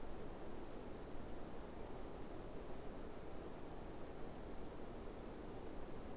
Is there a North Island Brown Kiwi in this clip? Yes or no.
no